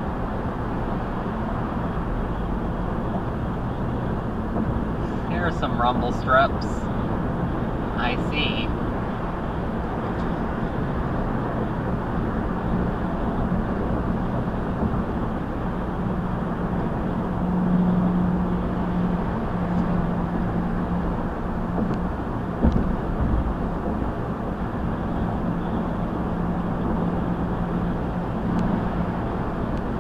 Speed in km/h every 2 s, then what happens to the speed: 119, 114, 116, 116, 118, 118, 118, 114, 113, 113, 111, 113, 114, 116, 118.
0-30 steady at about 116.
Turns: none.